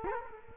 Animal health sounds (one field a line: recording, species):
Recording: mosquito wingbeat signal from an infrared sensor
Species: Culex quinquefasciatus